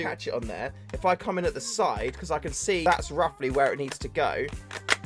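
An M-LOK accessory is slid in from the side toward its slot on the handguard of a Novritsch SSR90 airsoft SMG while someone talks over it. A sharp tick is heard near 4.9 s at the very end, but nothing has seated or clicked yet.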